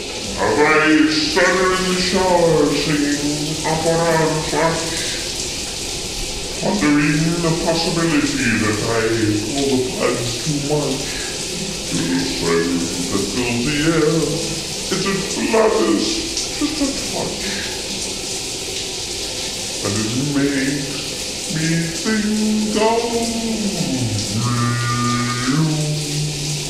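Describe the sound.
Shower water runs in a steady, unbroken hiss for the whole stretch while a voice talks continuously over the spray; the shower is taken after the broadcast of the show Grenseløst.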